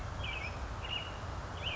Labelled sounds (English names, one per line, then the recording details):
American Robin
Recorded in Sonoma County, California